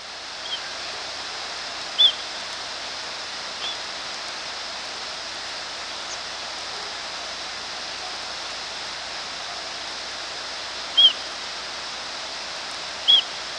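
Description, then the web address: Rose-breasted grosbeak gives three sharp, squeaky single call notes, widely spaced, against a steady hiss of background noise. "grosbeak rbgr"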